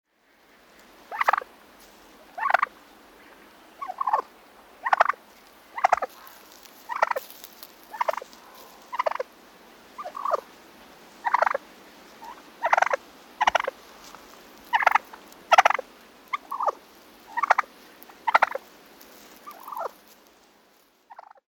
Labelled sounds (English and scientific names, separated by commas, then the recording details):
Wild Turkey (Meleagris gallopavo)
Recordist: Tembrock, Günter
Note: Kurzlaute eines Männchens